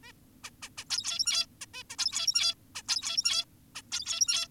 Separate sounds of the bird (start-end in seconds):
0.04-0.12, 0.44-0.50, 0.62-0.69, 0.78-0.84, 0.90-1.46, 1.61-1.66, 1.74-1.83, 1.90-1.96, 1.99-2.54, 2.75-2.82, 2.88-3.45, 3.75-3.82, 3.92-4.48